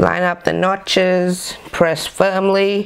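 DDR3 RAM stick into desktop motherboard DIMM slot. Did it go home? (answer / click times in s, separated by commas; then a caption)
no / none. A DDR3 memory stick is lined up with the notch of DIMM slot three on a Dell OptiPlex 790 desktop motherboard while someone talks throughout. Nothing has seated or clicked yet.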